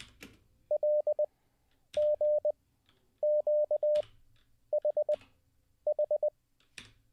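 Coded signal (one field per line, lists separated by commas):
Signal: Morse code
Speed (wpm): 20 wpm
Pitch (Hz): 600 Hz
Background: none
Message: LGQHH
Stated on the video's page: Live Morse code learning session.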